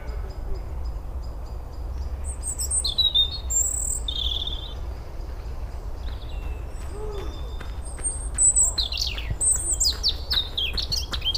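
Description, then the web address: European robin delivering high, sweet whistled phrases and trills in two bursts, with scattered clicks and a persistent low rumbling noise throughout. "SETE data Erithacus rubecula"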